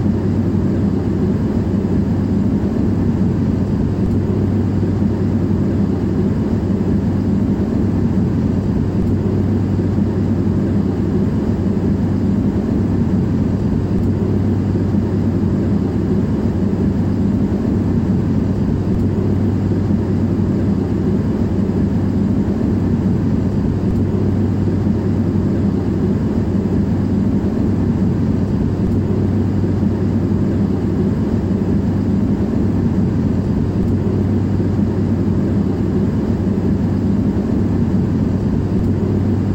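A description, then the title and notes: A steady jetliner cabin roar fills the whole clip, thick and unbroken, with a strong low hum and a deep rumble underneath. The sound stays even from start to finish with no distinct events, only a dull, muffled wash with little brightness on top. White Noise Jetliner Ambient Sound.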